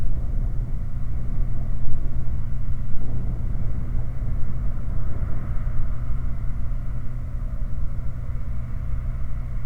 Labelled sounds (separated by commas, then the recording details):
machinery, flare stack
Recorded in the Prudhoe Bay oil fields, Alaska, on 4 August 2019 at 20:33
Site 29